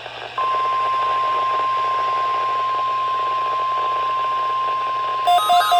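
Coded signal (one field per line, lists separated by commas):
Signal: Emergency Alert System (SAME) tones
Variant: 1050 Hz attention tone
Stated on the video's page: Required weekly tests received from NOAA Weather Radio transmitters KHB38, WXJ94 and WXK97.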